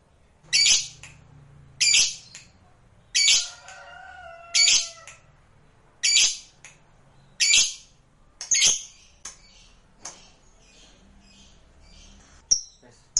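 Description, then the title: Lovebird giving short, harsh squawks, one roughly every second or so, about seven in a row, then a few softer clicks and chirps. Recording meant to prompt a lovebird that is lazy to sing into singing at once. "LOVEBIRD Malas Bunyi JADI GREGET SPONTAN Langsung NARIK"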